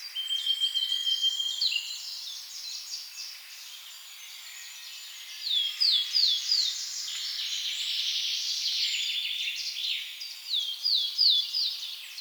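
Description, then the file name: Eurasian blackcap song: a brief steady high trill opening into a long, rich stream of fast, chattering and scratchy warbled phrases. "Sylvia atricapilla"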